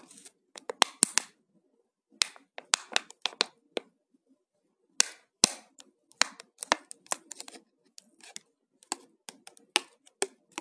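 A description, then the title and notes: Plastic being handled: sharp, bright clicks and crinkly snaps arrive in irregular bursts, some single, some in quick clusters. Brief silences separate them, with a longer pause just past the four-second mark. ASMR - Plastic sounds.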